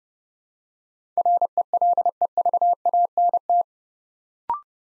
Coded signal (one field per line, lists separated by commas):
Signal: Morse code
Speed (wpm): 30 wpm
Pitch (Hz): 700 Hz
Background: none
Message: RELEVANT